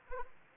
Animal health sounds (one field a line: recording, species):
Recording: mosquito wingbeat signal from an infrared sensor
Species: Anopheles arabiensis